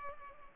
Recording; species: mosquito wingbeat signal from an infrared sensor; Culex pipiens